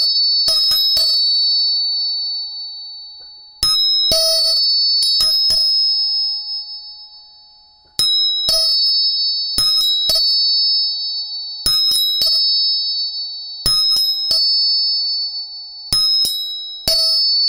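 A tuning fork is struck again and again, each hit a sharp metallic tap that leaves a pure, high ringing tone slowly fading. Strikes come in small clusters roughly every two seconds, with bright steady overtones sustaining between them in a quiet room.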